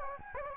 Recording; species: mosquito wingbeat signal from an infrared sensor; Anopheles gambiae